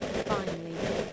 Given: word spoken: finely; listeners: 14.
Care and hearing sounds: one English word in noise, from a listening test; noise modulated by three-talker babble; -4.1 dB; 1 of 14; 13 of 14; 0.73 s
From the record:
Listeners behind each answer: 13, 1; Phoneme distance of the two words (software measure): 7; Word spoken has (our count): 2 syllables, 5 phonemes, stress on syllable 1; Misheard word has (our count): 3 syllables, 6 phonemes, stress on syllable 1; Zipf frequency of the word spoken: 3.75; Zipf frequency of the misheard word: 5.14

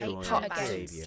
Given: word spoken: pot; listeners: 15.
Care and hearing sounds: one English word in noise, from a listening test; four-talker babble; -0.4 dB; 0 of 15; 6 of 15; 0.66 s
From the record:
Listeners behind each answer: 6, 3, 1, 1, 1, 1, 1, 1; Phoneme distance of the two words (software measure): 10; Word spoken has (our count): 1 syllable, 3 phonemes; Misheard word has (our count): 1 syllable, 3 phonemes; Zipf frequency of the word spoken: 4.76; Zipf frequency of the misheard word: 5.14

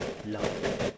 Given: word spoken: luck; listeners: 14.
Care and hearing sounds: one English word in noise, from a listening test; noise modulated by three-talker babble; -6.4 dB; 3 of 14; 9 of 14; 0.58 s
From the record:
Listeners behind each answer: 9, 3, 1, 1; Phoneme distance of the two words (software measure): 10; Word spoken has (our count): 1 syllable, 3 phonemes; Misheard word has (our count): 1 syllable, 3 phonemes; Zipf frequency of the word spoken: 5.25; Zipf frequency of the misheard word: 5.88

